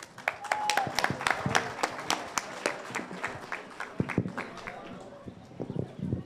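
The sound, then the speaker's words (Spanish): An audience claps steadily for about six seconds, a dense patter of overlapping hand claps at moderate volume that thins out toward the end, with faint voices murmuring underneath. The applause welcomes a speaker being handed the microphone. “Un aplauso, por favor.”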